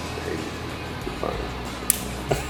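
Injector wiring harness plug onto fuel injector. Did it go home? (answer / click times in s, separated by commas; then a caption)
yes / 1.9 s. An injector wiring harness plug is pushed onto a fuel injector of a 1969 Camaro engine, one of several plugs fitted one after another. A sharp click at 1.9 s confirms the fuel injector connector has seated, with a few softer knocks around it over a steady low background hum.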